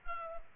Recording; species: mosquito wingbeat signal from an infrared sensor; Culex pipiens